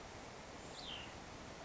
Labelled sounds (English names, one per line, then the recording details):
Cassin's Vireo
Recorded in Sonoma County, California